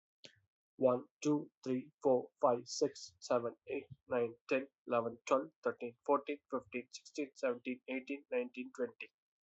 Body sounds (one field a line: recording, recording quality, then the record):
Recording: counting at a fast pace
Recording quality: excellent, no background noise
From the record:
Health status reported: healthy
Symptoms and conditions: cough, cold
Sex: male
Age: 39 years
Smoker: not ticked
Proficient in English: yes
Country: India